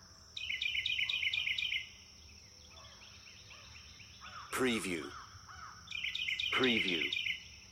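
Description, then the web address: Birds chirping in rapid, repeated high bursts at the start and end, with louder harsh calls in the middle and near the end, over a steady high tone. Forest birds chirping. "sound-effects-bible Forest Birds Chirp"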